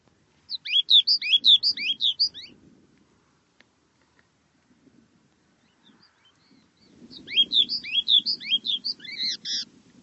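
Bird calls in rapid chirping bursts, one near the start and one near the end, each a fast run of bright, jumbled notes, with a faint low rumble underneath.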